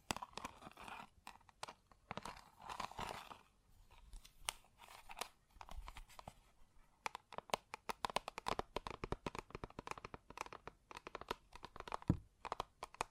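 Close up metallic sounds: a run of sharp clicks and clinks, irregular at first, then growing quicker and denser after about seven seconds. Between the hits there are softer scraping and shuffling passages, and one brief ringing tone near twelve seconds.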